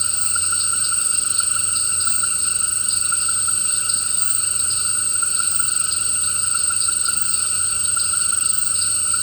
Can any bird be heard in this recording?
no